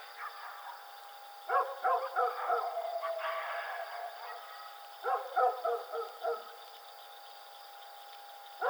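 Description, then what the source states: Coyote yipping in two quick bursts of several rapid, bright yelps, with a wavering drawn-out tone between them and a steady hum throughout. Howling coyote recorded on 4 April 2006.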